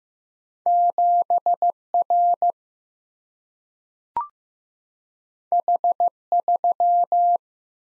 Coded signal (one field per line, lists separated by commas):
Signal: Morse code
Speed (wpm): 15 wpm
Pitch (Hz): 700 Hz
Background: none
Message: 7R H3